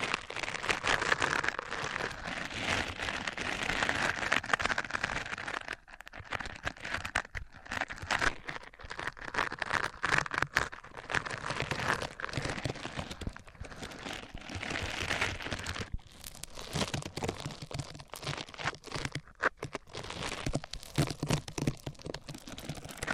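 Microphones are rubbed against a surface, making dense, scratchy, crinkling friction noise that runs almost without a break for the whole 23 seconds. The rubbing comes in quick uneven strokes with brief gaps near 6 and 16 seconds, and the level stays fairly steady throughout.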